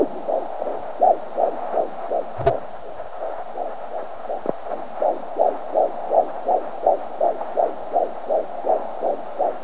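Rapid, regular whooshing pulses at about 150–165 beats a minute, a typical fetal heartbeat heard on Doppler.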